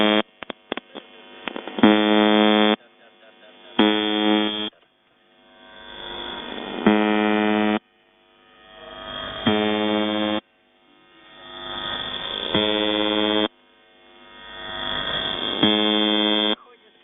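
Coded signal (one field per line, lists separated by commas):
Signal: channel marker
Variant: UVB-76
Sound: harsh rasping buzzes about a second long, repeating, separated by rising hiss and static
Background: radio static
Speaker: I'd like to take a few uh clips here of uh UVB-76 operators and how that they've uh basically uh dealt with pirates interfering on 4625 kHz.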